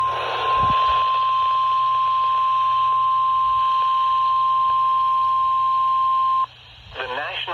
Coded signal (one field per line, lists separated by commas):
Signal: Emergency Alert System (SAME) tones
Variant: 1050 Hz attention tone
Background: speech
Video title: TOR-C!!| EAS #17| Tornado Warning| WXJ31